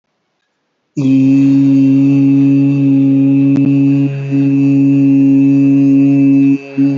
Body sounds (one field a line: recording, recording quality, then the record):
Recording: sustained vowel as in beet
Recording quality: moderate, slight background noise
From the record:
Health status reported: healthy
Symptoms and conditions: none ticked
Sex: male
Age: 28 years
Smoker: not ticked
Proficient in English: yes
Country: India